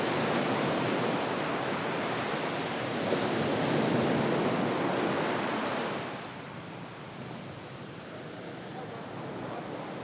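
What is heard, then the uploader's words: Surf washes onto a beach in a dense, steady hiss that swells around four seconds, then recedes and softens after six seconds. Coney Island Beach Tides by Bandeto.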